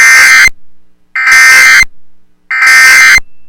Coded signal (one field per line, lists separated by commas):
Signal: Emergency Alert System (SAME) tones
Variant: end-of-message bursts